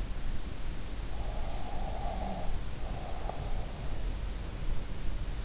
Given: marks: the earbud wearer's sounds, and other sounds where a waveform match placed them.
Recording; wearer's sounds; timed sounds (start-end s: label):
sounds in sleep by an in-ear microphone; breath
1.33-3.58 s: breath